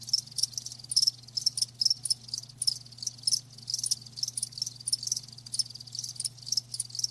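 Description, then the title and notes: Crickets chirping in dense, high-pitched pulsed bursts, repeating rapidly with short gaps, plus a steady low hum underneath. Live crickets chirping, presented as a lulling sleep sound. "Live Crickets Chirping. Enjoy the lulling song of crickets to help you fall asleep and stay asleep. RainManCJ"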